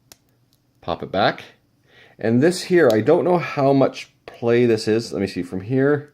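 The sliding extension link of a steel watch bracelet clasp is moved along its rail and pushed back into the clasp, seating with a sharp snap at 0.1 s. Afterward, someone talks over a quiet background.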